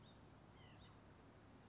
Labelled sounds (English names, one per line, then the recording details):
White-breasted Nuthatch
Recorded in Sonoma County, California